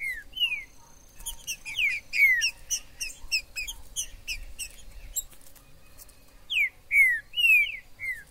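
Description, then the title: Green-winged saltator giving loud, slurred, descending whistles with quieter high notes between, ending in a clear phrase of slurred whistles. In the forest (mato); chirping, singing and acting male in a song dispute; described as a 'major' singer; video meant to excite a pet saltator. "TRINCA Piando, Cantando E Macheando Na DISPUTA. TRINCA FERRO no MATO. Trinca ferro MAJOR no MATO"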